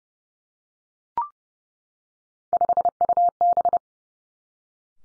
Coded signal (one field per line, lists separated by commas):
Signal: Morse code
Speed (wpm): 30 wpm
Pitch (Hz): 700 Hz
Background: none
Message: 5UB